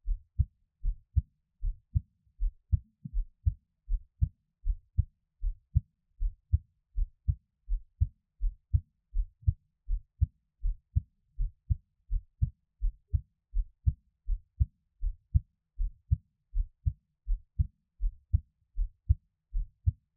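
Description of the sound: Steady, soft low lub-dub heart sounds of an adult's own heartbeat at about 80 beats a minute, with no talking or background noise.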